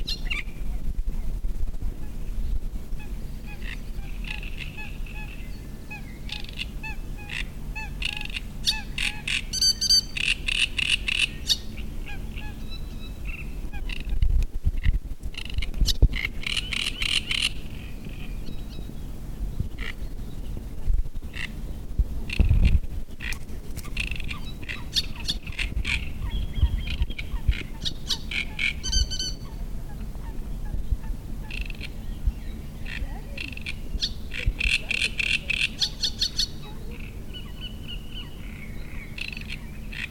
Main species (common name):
Great Reed Warbler